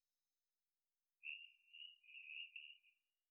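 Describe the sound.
Hourglass treefrog giving a soft, buzzy, high-pitched call lasting under two seconds, slightly wavering in pitch, against an otherwise silent background.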